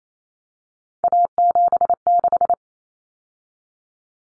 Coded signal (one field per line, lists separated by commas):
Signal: Morse code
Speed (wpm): 28 wpm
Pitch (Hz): 700 Hz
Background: none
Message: A76